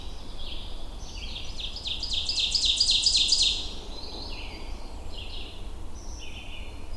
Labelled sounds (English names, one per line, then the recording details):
Ovenbird song
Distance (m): 10 m
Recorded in boreal forest in Alberta, Canada, on 22 June 2016 at 05:36
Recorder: SongMeter 3, array SBT-6-76
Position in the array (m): 33 m, 10 m
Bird 2